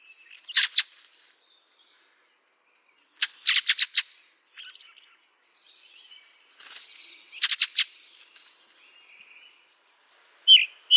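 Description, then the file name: Ring ouzel giving harsh, rattling chack bursts in short clusters a few seconds apart, with faint high twitters between them and a piping note at the end. "DROZDOBROZNY"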